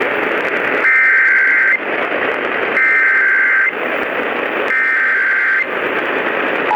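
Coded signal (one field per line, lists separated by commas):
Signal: Emergency Alert System (SAME) tones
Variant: header bursts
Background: speech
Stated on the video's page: Required Monthly Test aired on an AM station at 1500 in Washington, DC.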